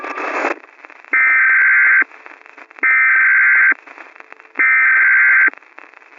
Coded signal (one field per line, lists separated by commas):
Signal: Emergency Alert System (SAME) tones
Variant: header bursts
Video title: EAS ALERT: Asteroid Warning (MOCK)